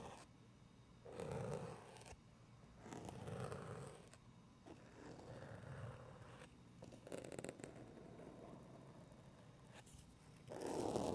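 Soft scratching and muffled tapping on wooden toys and puffy book covers, in bursts near seconds one, three, six and a louder one at the end.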